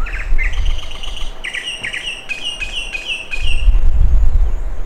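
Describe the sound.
Bird chirping, quick repeated bright chirps in bursts of several notes, pausing briefly between runs, over a low rumbling background.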